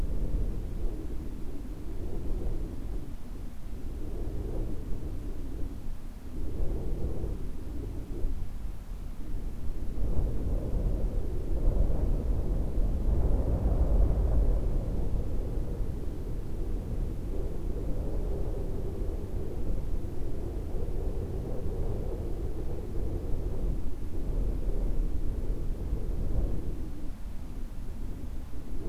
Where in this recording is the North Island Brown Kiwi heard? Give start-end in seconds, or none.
none